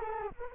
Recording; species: mosquito wingbeat signal from an infrared sensor; Culex quinquefasciatus